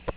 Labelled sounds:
Yellow-rumped Warbler (Setophaga coronata) flight call

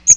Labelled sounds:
Magnolia Warbler (Setophaga magnolia) flight call

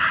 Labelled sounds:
Blue-winged Warbler (Vermivora cyanoptera) flight call

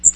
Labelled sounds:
Magnolia Warbler (Setophaga magnolia) flight call

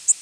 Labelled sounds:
Worm-eating Warbler (Helmitheros vermivorum) flight call

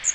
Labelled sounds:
Magnolia Warbler (Setophaga magnolia) flight call

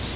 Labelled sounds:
Cerulean Warbler (Setophaga cerulea) flight call

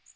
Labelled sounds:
Magnolia Warbler (Setophaga magnolia) flight call

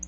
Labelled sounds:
Black-throated Blue Warbler (Setophaga caerulescens) flight call

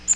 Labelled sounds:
Magnolia Warbler (Setophaga magnolia) flight call

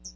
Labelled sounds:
Hooded Warbler (Setophaga citrina) flight call

